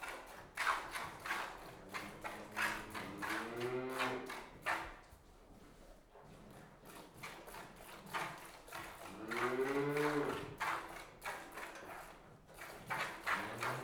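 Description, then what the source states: Cow lowing in long moaning moos, one louder than the others, while hand-milking squirts beat a rapid rhythm. One cow being hand-milked, giving some loud moos; livestock.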